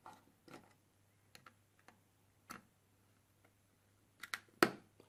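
A heatsink cooler mounting screw is turned by hand into its threaded standoff on the board, giving a series of faint ticks and light clicks over a low steady hum. A loud sharp click at 4.6 s marks the screw catching in the thread and seating.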